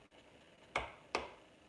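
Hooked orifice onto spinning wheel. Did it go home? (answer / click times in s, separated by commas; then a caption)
yes / 0.8 s, 1.1 s. A hooked orifice piece is fitted onto a spinning wheel, where a magnet and metal hold it. Two sharp clicks are heard at about 0.8 and 1.2 seconds. The piece locks into place.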